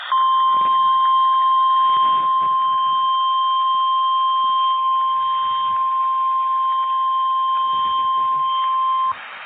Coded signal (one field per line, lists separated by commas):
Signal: Emergency Alert System (SAME) tones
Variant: 1050 Hz attention tone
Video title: EAS Flash flood warning